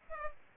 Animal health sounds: mosquito wingbeat signal from an infrared sensor; Culex pipiens

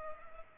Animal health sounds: mosquito wingbeat signal from an infrared sensor; Culex pipiens

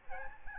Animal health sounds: mosquito wingbeat signal from an infrared sensor; Aedes albopictus

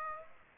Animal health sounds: mosquito wingbeat signal from an infrared sensor; Aedes aegypti

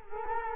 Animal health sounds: mosquito wingbeat signal from an infrared sensor; Culex quinquefasciatus

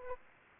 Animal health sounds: mosquito wingbeat signal from an infrared sensor; Aedes aegypti

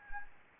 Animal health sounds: mosquito wingbeat signal from an infrared sensor; Anopheles arabiensis

